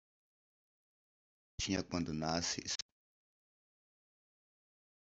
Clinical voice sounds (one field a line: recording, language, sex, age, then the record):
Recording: short text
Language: Brazilian Portuguese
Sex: male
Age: 50 to 59 years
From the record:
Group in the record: control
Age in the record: 53 years